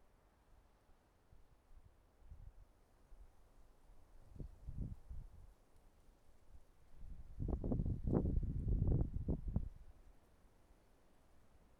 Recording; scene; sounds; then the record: everyday scene through a hearing-aid microphone; wind on the microphone; wind, traffic, birds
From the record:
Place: suburban garden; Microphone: behind the ear, right, rear